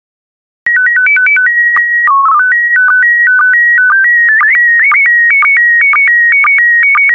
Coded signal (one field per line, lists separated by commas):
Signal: SSTV (slow-scan television)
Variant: PD 120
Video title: 72041 Christmas SSTV PD120